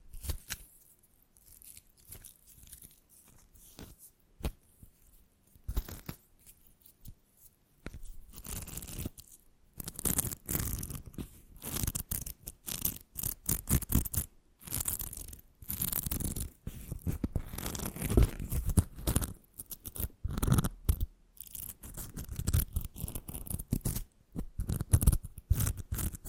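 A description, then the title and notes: Intense mic scratching, sparse for the first eight seconds with isolated sharp scrapes, then growing into dense, rough bursts of scratching and rubbing that fill the rest. The bursts come in uneven clusters, crackly and bright with some low thumps, separated by brief silences. ASMR Intense Mic Scratching - Extremely Tingly (No Talking).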